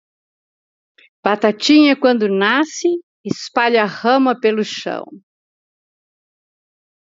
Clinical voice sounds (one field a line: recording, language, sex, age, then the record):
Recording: short text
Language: Brazilian Portuguese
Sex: female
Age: 70 to 79 years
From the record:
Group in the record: control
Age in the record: 75 years